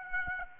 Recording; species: mosquito wingbeat signal from an infrared sensor; Aedes aegypti